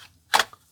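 A plastic floor section of a collectible toy house model is pressed onto the adjoining model section, giving a sharp plastic snap at 0.3 s followed by a faint tick at 0.5 s. The floor section seats and interlocks perfectly.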